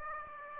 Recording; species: mosquito wingbeat signal from an infrared sensor; Aedes aegypti